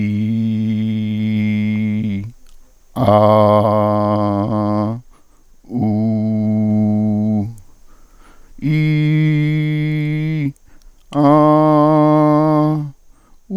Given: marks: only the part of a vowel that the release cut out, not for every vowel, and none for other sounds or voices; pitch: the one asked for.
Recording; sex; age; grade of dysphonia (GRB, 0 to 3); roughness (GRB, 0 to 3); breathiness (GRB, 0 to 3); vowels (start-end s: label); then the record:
sustained vowels; male; 50 to 59 years; 3; 3; 2
0.00-1.99 s: vowel /i/, normal pitch
3.17-4.84 s: vowel /a/, normal pitch
5.88-7.36 s: vowel /u/, normal pitch
8.70-10.42 s: vowel /i/, high pitch
11.24-12.77 s: vowel /a/, high pitch
From the record:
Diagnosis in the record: dysphonia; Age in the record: 58 years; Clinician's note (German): Ponogen, mit psychischer Komponente